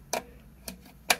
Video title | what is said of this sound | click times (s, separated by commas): Audiotek AT-AP100 Bass Digitizer Unboxing and Demo | there it is just snaps back in place and that's basically all it is i mean | 1.1 s